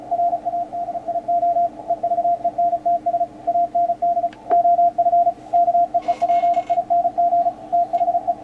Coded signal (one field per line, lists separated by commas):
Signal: Morse code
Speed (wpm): 35 wpm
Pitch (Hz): 690 Hz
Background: radio noise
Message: RADIO EVENTS AND OF KEEPING THE